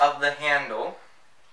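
A cordless battery pack is handled at the underside of the handle of a Craftsman 14-inch cordless line trimmer while someone talks. The pack has not seated or clicked into place yet.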